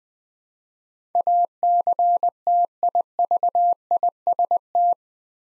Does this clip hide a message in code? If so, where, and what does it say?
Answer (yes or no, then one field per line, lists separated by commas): yes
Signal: Morse code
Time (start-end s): 1.1-4.9 s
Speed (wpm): 20 wpm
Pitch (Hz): 700 Hz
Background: none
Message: ACTIVIST